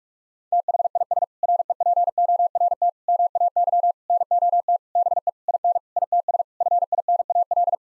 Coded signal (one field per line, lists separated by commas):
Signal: Morse code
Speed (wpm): 46 wpm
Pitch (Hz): 700 Hz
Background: none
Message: THIS REPORT MAY NOT BE IN ITS FINAL